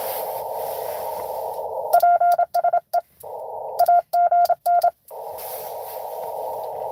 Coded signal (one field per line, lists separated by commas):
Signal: Morse code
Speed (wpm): 27 wpm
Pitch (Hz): 700 Hz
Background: radio noise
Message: PSE AGN